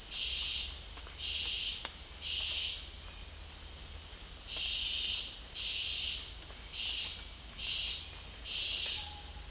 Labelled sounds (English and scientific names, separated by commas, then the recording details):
none
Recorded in dense forest near Puerto Asís, Putumayo, Colombia, on 26 December 2024 at 12:00
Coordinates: 0.484, -76.325
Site G056